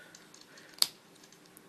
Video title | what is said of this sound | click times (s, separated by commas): Generations War For Cybertron Soundwave MSL Review | and here that nice clicking sound | 0.8 s